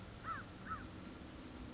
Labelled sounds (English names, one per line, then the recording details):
American Crow
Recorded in Sonoma County, California